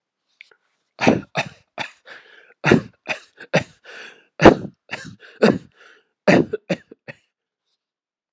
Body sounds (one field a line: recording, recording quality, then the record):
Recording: shallow voluntary cough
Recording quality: excellent, no background noise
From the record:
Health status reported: exposed to COVID-19, no respiratory illness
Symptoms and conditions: none ticked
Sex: male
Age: 53 years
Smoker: not ticked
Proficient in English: yes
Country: United States